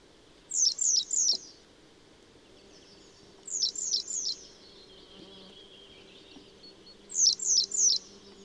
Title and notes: Keltavästäräkki. Risto Nevanlinna